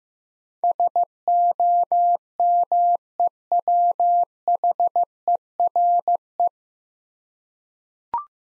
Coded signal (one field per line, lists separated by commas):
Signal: Morse code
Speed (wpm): 15 wpm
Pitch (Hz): 700 Hz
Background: none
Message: SOMEWHERE